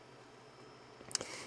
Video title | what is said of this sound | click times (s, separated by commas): CCNA networking course using real kit, looking at the physical with data-link layer | Now with that, you have this which kind of ejects it and moves it back in and it just makes a clicking sound when it's inserted. | 1.2 s